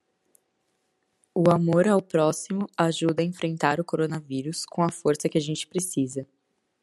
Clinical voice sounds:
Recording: spoken sentence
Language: Brazilian Portuguese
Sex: female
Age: 18 to 19 years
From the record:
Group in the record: control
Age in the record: 18 years

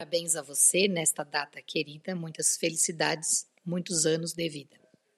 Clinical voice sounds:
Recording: short text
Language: Brazilian Portuguese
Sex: female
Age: 40 to 49 years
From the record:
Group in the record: control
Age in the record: 42 years

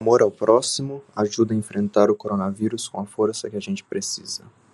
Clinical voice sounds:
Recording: spoken sentence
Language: Brazilian Portuguese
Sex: male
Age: 20 to 29 years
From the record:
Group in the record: control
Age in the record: 21 years

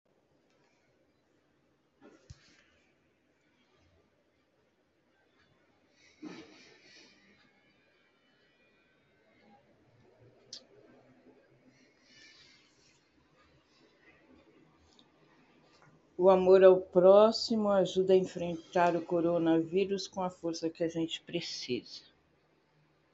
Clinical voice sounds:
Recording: spoken sentence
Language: Brazilian Portuguese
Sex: female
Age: 60 to 69 years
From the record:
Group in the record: control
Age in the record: 65 years

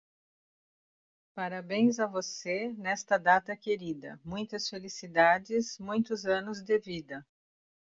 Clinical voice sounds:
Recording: short text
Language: Brazilian Portuguese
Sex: female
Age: 60 to 69 years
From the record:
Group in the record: control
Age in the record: 68 years

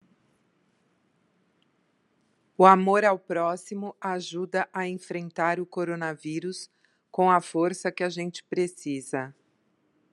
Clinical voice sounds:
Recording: spoken sentence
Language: Brazilian Portuguese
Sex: female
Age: 50 to 59 years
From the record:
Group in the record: control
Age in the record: 52 years

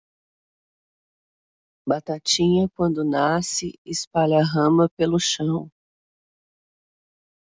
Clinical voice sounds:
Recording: short text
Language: Brazilian Portuguese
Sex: female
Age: 50 to 59 years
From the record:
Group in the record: control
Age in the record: 50 years

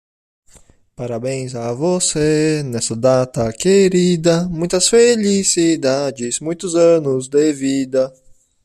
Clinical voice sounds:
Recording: short text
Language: Brazilian Portuguese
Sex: male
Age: 20 to 29 years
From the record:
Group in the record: control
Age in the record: 27 years

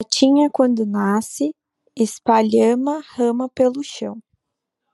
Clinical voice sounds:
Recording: short text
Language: Brazilian Portuguese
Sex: female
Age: 20 to 29 years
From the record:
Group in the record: control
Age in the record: 25 years

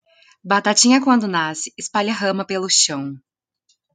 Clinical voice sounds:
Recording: short text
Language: Brazilian Portuguese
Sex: female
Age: 20 to 29 years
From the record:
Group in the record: control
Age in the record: 21 years

